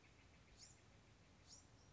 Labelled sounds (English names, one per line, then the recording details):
Bewick's Wren
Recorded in Sonoma County, California